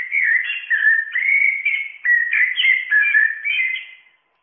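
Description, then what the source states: Common blackbird song, a continuous flow of mellow, fluted whistled phrases with varied warbling notes, fading out at the end. Blackbirds improvise and add bits to their songs; song commonly heard in early mornings and at dusk.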